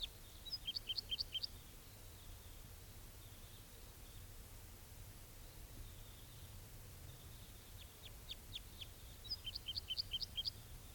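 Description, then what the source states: Red Crossbill calls, quick bursts of sharp high chips near the start and again near the end, with fainter notes between. Type 2 birds arriving and calling; a wild male heard again after perching in a dead tree; near decoys in ponderosa pine and Douglas fir forest.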